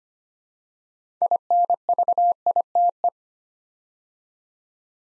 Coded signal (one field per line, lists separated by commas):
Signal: Morse code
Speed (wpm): 25 wpm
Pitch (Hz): 700 Hz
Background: none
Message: INVITE